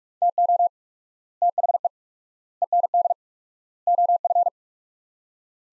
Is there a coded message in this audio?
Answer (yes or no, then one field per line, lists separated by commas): yes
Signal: Morse code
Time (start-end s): 0.2-4.5 s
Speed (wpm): 42 wpm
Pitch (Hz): 700 Hz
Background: none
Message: TO THE END OF